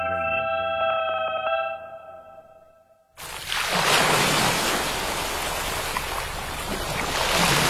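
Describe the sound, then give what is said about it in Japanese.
A few seconds of bright, ringing electronic tones give way to a sudden, loud, steady roar of ocean surf washing ashore, swelling again toward the end, with no voices. “ザバン、ザバン。”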